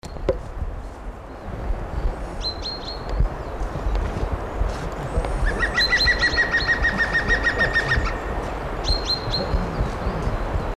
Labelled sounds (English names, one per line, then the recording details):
European Green Woodpecker song
Great Tit
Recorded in the wild
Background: Parus major
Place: Garmisch-Partenkirchen, Bayern, DE
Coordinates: 47.4931, 11.0633
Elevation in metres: 784
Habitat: mountains
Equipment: Uher 4000, Sennheiser MKH 415 T
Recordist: Tretzel, Erwin
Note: März 1980, Almhütte, Garmisch-Partenkirchen: Gesang